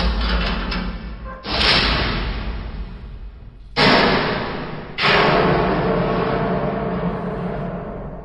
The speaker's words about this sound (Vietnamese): Âm thanh này chắc rằng cửa sắt bên ngoài kia đã bị hạ xuống rồi.